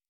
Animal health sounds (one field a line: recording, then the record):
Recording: hydrophone in a shrimp aquaculture tank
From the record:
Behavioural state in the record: normal